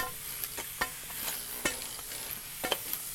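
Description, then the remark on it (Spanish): Sharp, bright strikes of a pointed chisel chipping at hard ice on a street after a snowfall in the Caño Roto neighbourhood, as residents clear their streets. About eight hits come in an irregular series over a low crackling, scraping background, with no voices. “Pues aquí picando hielo con un pistolete.”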